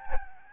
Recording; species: mosquito wingbeat signal from an infrared sensor; Aedes albopictus